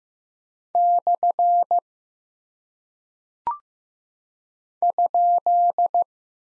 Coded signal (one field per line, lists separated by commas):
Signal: Morse code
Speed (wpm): 15 wpm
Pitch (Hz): 700 Hz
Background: none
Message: / ?